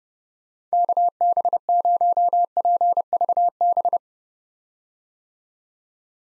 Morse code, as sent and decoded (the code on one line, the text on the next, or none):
-.- -... ----- .--. ...- -...
KB0PVB